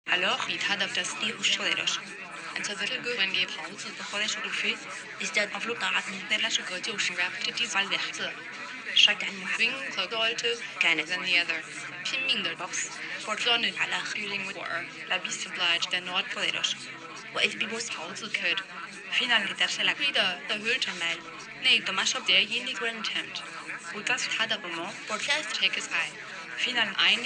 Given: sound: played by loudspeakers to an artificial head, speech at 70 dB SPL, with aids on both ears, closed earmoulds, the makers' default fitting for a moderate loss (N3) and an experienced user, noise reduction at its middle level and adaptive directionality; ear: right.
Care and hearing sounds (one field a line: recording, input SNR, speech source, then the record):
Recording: speech test signal (ISTS) in cocktail-party noise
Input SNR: 0 dB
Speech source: on the right (90 degrees)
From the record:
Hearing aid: class 2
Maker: G